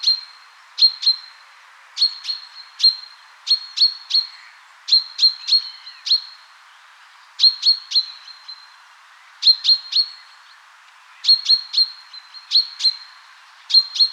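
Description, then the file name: Common chaffinch calls: sharp, bright 'pink' notes in quick short groups, the groups repeating every second or two over a faint background hiss. "Fringilla coelebs"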